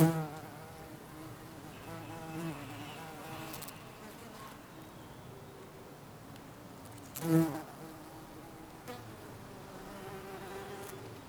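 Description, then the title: Bee buzzing, soft humming with a brief loud buzz flaring up about two-thirds of the way through. Bees buzzing in a garden on a sunny summer day in Jette, Belgium; Sony PCM-D100 internal microphones, wide position. "Rue Jean Baudoux 40, 1090 Jette, Belgique - Bees in the garden"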